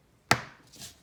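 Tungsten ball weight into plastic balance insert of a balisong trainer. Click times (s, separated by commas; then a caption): 0.3 s. A tungsten ball weight is pressed down by thumb into a plastic balance insert for a Squid Industries Krake Raken v3 butterfly-knife (balisong) trainer; the insert lies textured side down on a flat surface with its hole over the ball. A sharp, bright snap at 0.3 s fades quickly, followed by a faint soft rustle around 0.8 s. The ball seats into the plastic insert.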